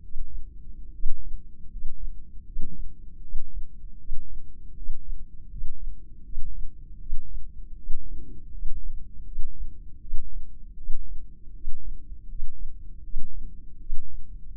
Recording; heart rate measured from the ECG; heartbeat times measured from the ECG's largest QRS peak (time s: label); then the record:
heart sounds by microphone in the right ear; 79 bpm
0.92 s: heartbeat
1.68 s: heartbeat
2.43 s: heartbeat
3.19 s: heartbeat
3.95 s: heartbeat
4.73 s: heartbeat
5.47 s: heartbeat
6.21 s: heartbeat
6.97 s: heartbeat
7.74 s: heartbeat
8.49 s: heartbeat
9.23 s: heartbeat
9.99 s: heartbeat
10.74 s: heartbeat
11.51 s: heartbeat
12.26 s: heartbeat
13.01 s: heartbeat
13.77 s: heartbeat
14.53 s: heartbeat
From the record:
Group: heart failure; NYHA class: 1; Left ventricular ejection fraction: 39%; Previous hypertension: present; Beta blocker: carvedilol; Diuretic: furosemide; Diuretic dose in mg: 20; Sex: male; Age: 60 years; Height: 178 cm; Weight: 62 kg